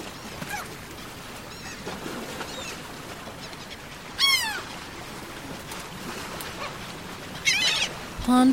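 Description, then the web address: Gull calls, a strong falling mewed cry at midway and a second burst near the end, against constant hissing background noise, with a brief steady tone closing. "bird seagull"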